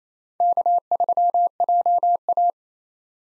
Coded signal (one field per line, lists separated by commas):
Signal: Morse code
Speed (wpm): 28 wpm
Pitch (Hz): 700 Hz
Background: none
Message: K3JA